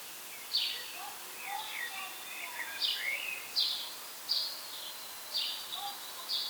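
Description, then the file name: House sparrow chirps: several short, harsh notes repeated irregularly, with softer, lower twittering and a steady background hiss. "Passer domesticus"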